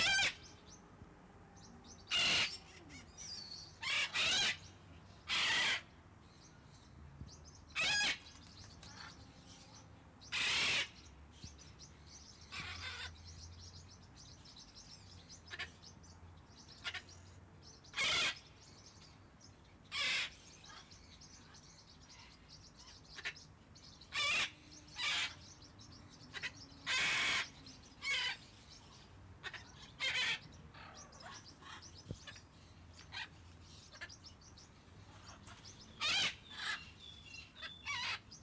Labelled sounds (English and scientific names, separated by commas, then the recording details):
Red-fronted Macaw (Ara rubrogenys) call
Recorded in captivity
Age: adult
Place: Tiergarten Wilhelma/Stuttgart, Baden-Württemberg, DE
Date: 2005-03-14 15:30
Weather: heiter, 5-8°C
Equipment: Sony WM-D6C, Sony ECM-MS 907, Kopie Uher 4000 Report Monitor
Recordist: Tembrock, Günter